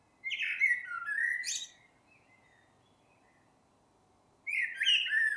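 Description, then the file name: Common blackbird singing a rich, low whistled phrase that breaks into a thin high twitter, then a pause of nearly three seconds before the next fluty phrase begins. "Turdus merula"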